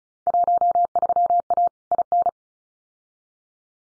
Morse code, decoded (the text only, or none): 13A IN